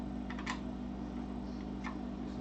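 A t-nut that was not fully seated in the aluminium extrusion channel of a White Knight Squire 3D belt printer frame is pushed further in by hand, giving two short clicks at 0.3 s and 0.4 s, with another faint tick near 1.9 s over a steady low hum. The t-nut is now seated and no longer moves.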